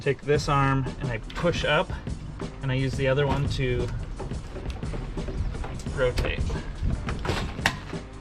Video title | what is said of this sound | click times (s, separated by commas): Dusty Roads 1985 VW Westfalia Walk Through | you can kind of hear it popping out you'll have to like put a little bit to maybe pop out | 7.7 s